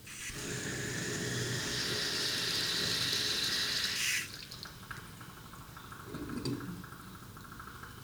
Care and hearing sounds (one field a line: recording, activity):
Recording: daily activity, guitar pickup as the sensor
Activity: flush